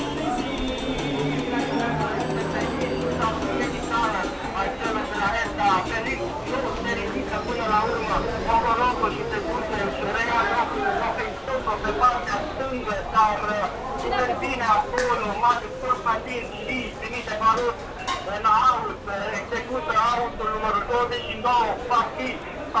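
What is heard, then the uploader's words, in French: A sound postcard of Bucharest: steady chatter of several voices over a low rumble of passing traffic, with occasional sharp clicks and knocks. Carte postale sonore de Bucarest.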